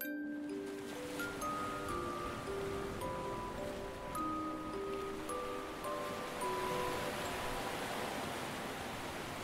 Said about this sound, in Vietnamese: Ánh trăng của đêm 15 tháng 8 âm lịch soi tỏ như thể muốn giác vàng lên mặt biển. Từng cơn sóng vỗ ì ạp vào bãi cát, làn gió mát đưa theo mùi hương thoang thoảng của rừng thông nằm u uẩn sau rặng đá.